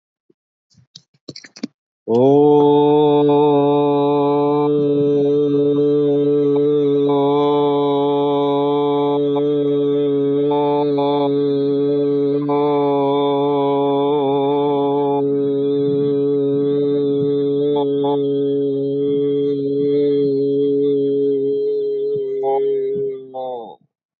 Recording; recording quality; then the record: sustained vowel as in boot; excellent, no background noise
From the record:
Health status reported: recovered from COVID-19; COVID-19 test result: negative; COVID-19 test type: RT-PCR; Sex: male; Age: 48 years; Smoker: no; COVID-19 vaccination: both doses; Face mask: not worn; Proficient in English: no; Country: India